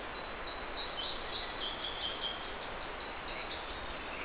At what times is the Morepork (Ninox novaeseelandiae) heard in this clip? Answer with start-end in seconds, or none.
none